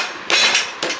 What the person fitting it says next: ஏய் லாக் ஆயிடுச்சு.